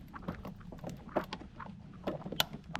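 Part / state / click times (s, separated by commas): male harness plug into coil pack sub harness connector / seated / 2.4 s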